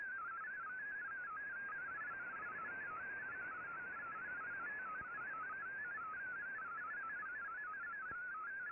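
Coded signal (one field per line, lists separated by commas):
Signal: multi-tone FSK (Olivia or MFSK type)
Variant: MFSK32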